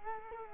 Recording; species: mosquito wingbeat signal from an infrared sensor; Culex quinquefasciatus